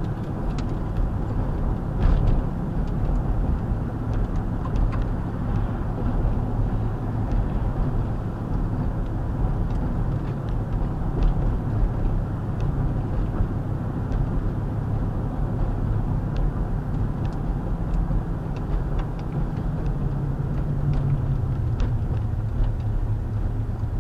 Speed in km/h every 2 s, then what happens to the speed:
58, 58, 60, 60, 58, 58, 58, 58, 56, 53, 40, 35.
0-16 steady at about 58. 16-24 slows to 35.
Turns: none.